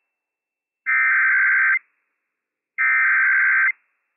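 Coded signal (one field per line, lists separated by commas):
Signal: Emergency Alert System (SAME) tones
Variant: header bursts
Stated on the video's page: Child Abduction Emergency alert on NOAA Weather Radio station, operational EAS tones.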